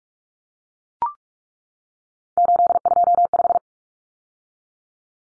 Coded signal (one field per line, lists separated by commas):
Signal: Morse code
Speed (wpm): 44 wpm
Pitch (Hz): 700 Hz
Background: none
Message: 825